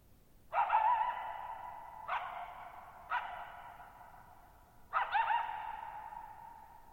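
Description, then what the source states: Coyote barks and wavering yelps, four calls over seven seconds, each with a long ringing tail of echo in a quiet setting. Lone coyote at night, July 14, 2019, Thirtymile Meadows, Okanogan National Forest (Okanogan High Country), Pacific Northwest, 6400 ft; high, mostly dry plateau among tall mountains; shallow bowl-shaped meadows over boggy ground.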